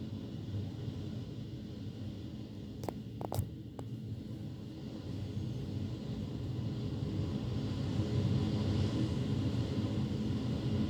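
Typhoon wind roars in a heavy, continuous low rumble that grows slightly louder toward the end. A few sharp knocks or rattles break through just before the four-second mark, like something struck or shaken by the gusts, then the dense roar carries on.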